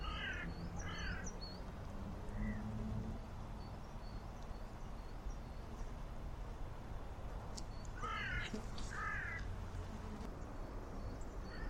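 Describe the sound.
Bird giving hoarse caws, a quick pair at the start, a faint single call, then another pair near the end, with soft high chirping in the background.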